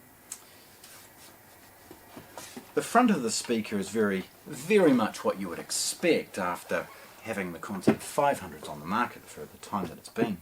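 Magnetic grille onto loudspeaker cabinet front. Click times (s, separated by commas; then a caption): 0.3 s. A fabric grille held by magnets with small foam pads is put onto the front of a Q Acoustics Concept 300 loudspeaker cabinet and snaps into place with a sharp, quickly fading hit at 0.3 s. Fainter handling sounds follow, then someone talks. The grille is seated.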